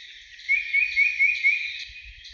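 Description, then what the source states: Tufted Titmouse scolding alarm call, a run of five high, raspy notes repeated quickly over about one second. Scolding alarm calls; a played recording.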